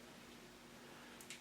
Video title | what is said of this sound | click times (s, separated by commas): Snap 2.0 Review | like Ah, there we go. Satisfying snap finally. | 1.2 s, 1.3 s